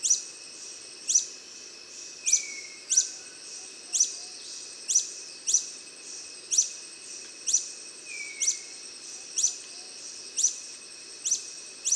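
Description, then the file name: Long-billed hermit giving a monotonous series of sharp high squeaks, with a couple of faint lower descending whistles. "Golosa ptic - Dlinnoklyuvyj solnechnyj kolibri Phaethornis longirostris"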